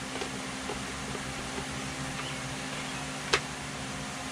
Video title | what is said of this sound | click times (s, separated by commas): Is the Dewalt 12" XR Chainsaw Worth It? | Pops right in place. | 3.3 s